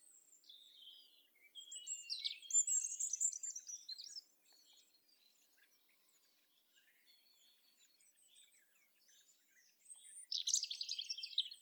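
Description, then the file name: European robin song: high, thin, tumbling phrases of twittering and sliding whistles, one near the start lasting about three seconds, a pause, then a brief sparkling phrase near the end. "Erithacus rubecula"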